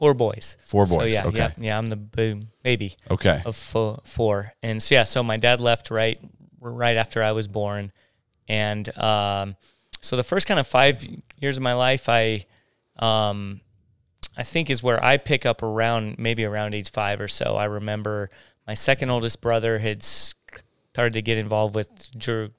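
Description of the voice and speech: Adult male speech with part-word repetitions on 'baby' and 'four', blocks before words, and stretched sounds: stuttering. He describes himself as someone who stutters, and his blocks can sound like the audio cutting out. Phone calls are hardest for him, and preaching much less so.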